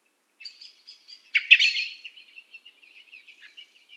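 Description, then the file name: Common blackbird calls: a loud, scratchy burst of notes, then a faint, thin, wavering twitter that carries on to the end. "Turdus merula"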